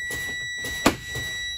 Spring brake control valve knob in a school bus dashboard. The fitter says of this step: which this did you just heard it pop out spring brakes are now on